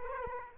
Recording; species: mosquito wingbeat signal from an infrared sensor; Culex quinquefasciatus